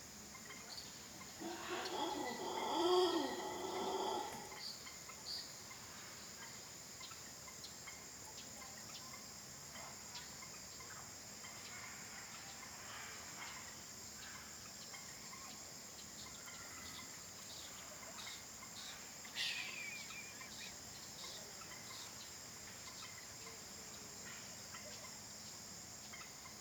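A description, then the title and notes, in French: A steady high insect drone fills a jungle night, with a brief voice near the start and faint chirps scattered throughout. FELIX BLUME + DESPINA PANAGIOTOPOULOU + LABEROUK - Jungle. Collection de field recordings autour du thème de la jungle.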